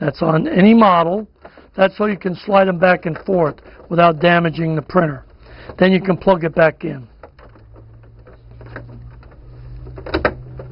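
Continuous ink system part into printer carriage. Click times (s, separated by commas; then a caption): 10.2 s. Someone talks for the first seven seconds, then a quieter stretch with a low hum and a few faint knocks follows as a continuous ink system part for an HP Officejet 5740, 5742, 5745, 8040 or 8045 printer (HP 62 cartridges) is pressed into the printer carriage. A sharp snap at 10.3 s marks the part seating in the carriage.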